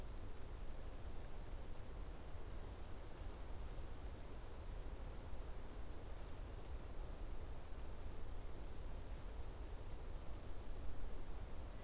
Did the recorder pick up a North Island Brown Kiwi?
no